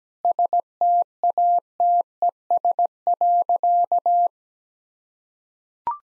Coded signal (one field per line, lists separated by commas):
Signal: Morse code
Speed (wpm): 17 wpm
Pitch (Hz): 700 Hz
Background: none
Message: STATES.